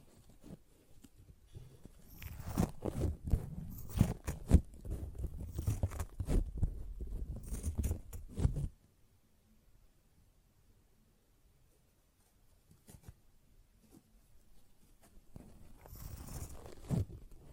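A sponge is scratched and squished in dense rough strokes for nearly nine seconds, then near silence with faint rubs, resuming softly near the end.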